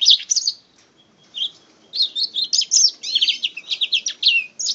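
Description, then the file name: House finch × canary hybrid song: a brief twittering phrase, a short pause, then a fast stream of sweet chirps, rattling trills and sliding notes. "hibrid housefinch x kenari omkicau"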